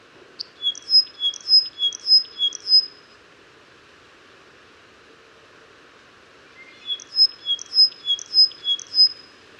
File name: Forest Wagtail